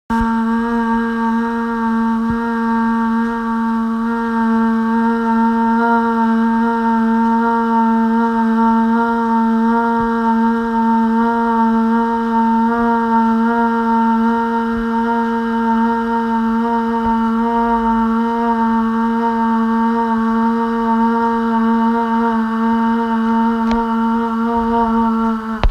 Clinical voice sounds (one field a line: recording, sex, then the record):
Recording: sustained vowel /a/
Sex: female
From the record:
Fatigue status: no fatigue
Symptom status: asymptomatic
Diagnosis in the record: COVID-19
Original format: m4a